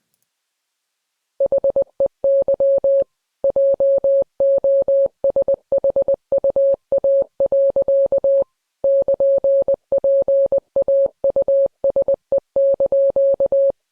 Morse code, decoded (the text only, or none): HEY JOSHUA. <KN>PAUSE)